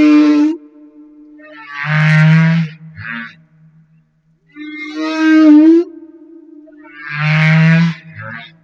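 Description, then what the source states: Humpback whale song alternating a rising tonal moan and a deeper harmonic groan, repeated in a steady cycle. Madagascar.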